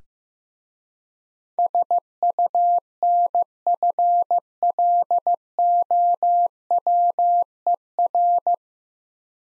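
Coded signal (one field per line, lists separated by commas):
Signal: Morse code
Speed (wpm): 15 wpm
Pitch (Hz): 700 Hz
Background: none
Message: SUNFLOWER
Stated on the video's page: Morse practice set at 15 wpm of difficult words with contextual hints.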